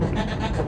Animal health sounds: contact call of a hoofed animal; goat; low-frequency (closed-mouth) or high-frequency (open-mouth) call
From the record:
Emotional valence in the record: positive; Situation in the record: food anticipation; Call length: 0.67 s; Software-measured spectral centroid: 1640 Hz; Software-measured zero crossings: 1210 a second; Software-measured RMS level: -24 dBFS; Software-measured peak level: -12 dBFS

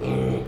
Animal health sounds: contact call of a hoofed animal; pig; closed-mouth grunt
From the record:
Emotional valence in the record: negative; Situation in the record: short social isolation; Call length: 0.48 s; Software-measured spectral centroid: 1510 Hz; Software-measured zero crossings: 890 a second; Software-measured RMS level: -24 dBFS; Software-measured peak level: -14 dBFS

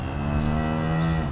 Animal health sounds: contact call of a hoofed animal; cattle; low-frequency (closed-mouth) or high-frequency (open-mouth) call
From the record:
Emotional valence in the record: negative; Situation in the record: physical separation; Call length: 1.32 s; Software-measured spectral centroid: 1640 Hz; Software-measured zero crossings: 970 a second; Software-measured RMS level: -24 dBFS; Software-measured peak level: -12 dBFS

